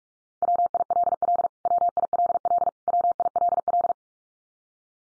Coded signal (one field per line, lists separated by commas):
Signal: Morse code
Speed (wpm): 44 wpm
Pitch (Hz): 700 Hz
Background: none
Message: WILL WILL WILL